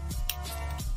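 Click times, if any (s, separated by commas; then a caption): 0.3 s. A plastic ball/pole joint on a mecha model kit is pushed into its socket inside the foot, with music playing steadily in the background. A single sharp snap sounds at 0.3 s as the joint seats into place.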